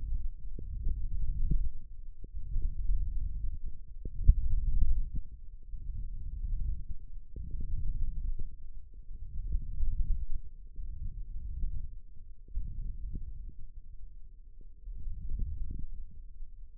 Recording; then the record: forearm muscle sounds (acoustic myography)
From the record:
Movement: hook grip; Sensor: system 1, eight BSWA MPA416 microphones around the upper forearm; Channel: 3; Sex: male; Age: 18 years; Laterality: right